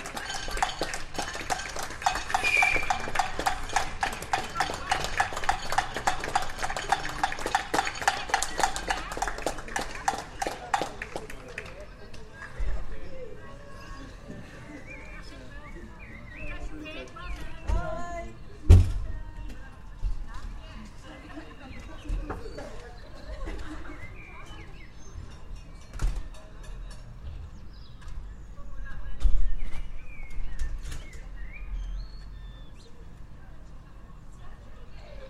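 A neighbourhood applauds outdoors: dense, fast clapping from many hands fills the first eleven seconds, then stops. Afterward the street turns quiet, with scattered claps, faint voices and bird calls, a sharp knock near nineteen seconds and a brief louder burst around thirty seconds.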